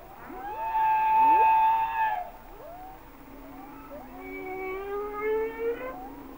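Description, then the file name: Humpback whale song: a long level harmonic moan with swooping upsweeps beneath it, followed by a quieter, slowly rising nasal tone. "Sounds of Nature - Humpback Whales"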